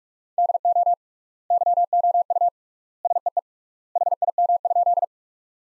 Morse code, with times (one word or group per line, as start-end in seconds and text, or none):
0.4-0.9 DO
1.5-2.5 YOU
3.0-3.4 SEE
4.0-5.0 HIM?